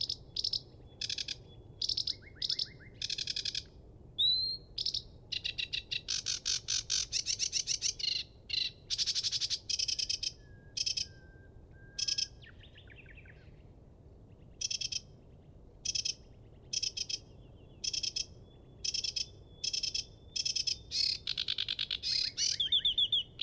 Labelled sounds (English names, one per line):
Sedge Warbler song